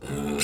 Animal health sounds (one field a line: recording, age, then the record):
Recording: pig call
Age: weaner (32 to 43 days)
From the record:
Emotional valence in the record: negative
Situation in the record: long isolation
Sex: female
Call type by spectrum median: low-frequency call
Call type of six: mixed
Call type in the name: high-frequency modulated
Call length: 0.44 s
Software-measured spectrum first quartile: 330 Hz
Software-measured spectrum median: 1871 Hz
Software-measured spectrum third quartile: 5631 Hz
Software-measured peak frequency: 423 Hz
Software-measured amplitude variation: 99 dB a second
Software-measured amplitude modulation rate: 29.3 a second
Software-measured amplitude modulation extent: 3.4 dB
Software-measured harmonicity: 3.6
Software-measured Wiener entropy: -3.49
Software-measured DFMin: 758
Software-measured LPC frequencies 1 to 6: 389, 1328, 2650, 4122, 5097, 5861 Hz